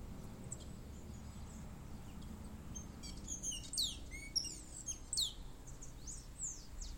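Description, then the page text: Bay-winged Cowbird calls: a burst of sharp, high chirps and quick downslurred notes over several seconds, with steady low background rumble. Adults of both sexes; Santa María, Catamarca, Argentina, at a house, 1891 m altitude; 26 January 2026. "Asa-de-telha (Agelaioides badius). Viviana Fuentes"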